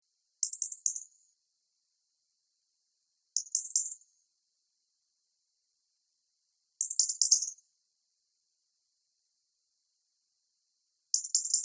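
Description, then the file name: European robin calls: short, very high, thin notes, four in all, spaced several seconds apart, with silence between them. "Erithacus rubecula"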